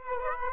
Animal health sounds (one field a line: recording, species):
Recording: mosquito wingbeat signal from an infrared sensor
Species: Aedes aegypti